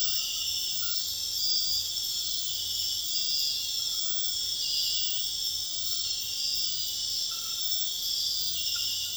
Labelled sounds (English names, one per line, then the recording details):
none
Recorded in secondary vegetation near Puerto Asís, Putumayo, Colombia, on 4 March 2025 at 01:00
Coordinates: 0.498, -76.327
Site G001